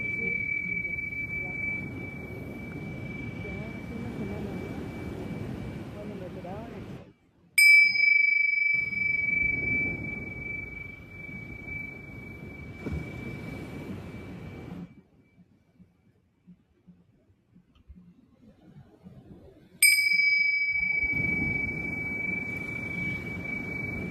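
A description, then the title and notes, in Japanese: A singing bowl is struck twice, near 7.5 and 20 seconds, each strike a bright metallic ring that hums on steadily. Underneath runs a low rumbling murmur that drops out twice, leaving near silence from about 15 to 20 seconds. 秋分メキシコから シンギングボウルのサウンドヒーリング。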